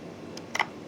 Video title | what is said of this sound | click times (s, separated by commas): The digital talking book player from the National Library service. | and you insert it all the way until you hear a click | 0.5 s, 0.6 s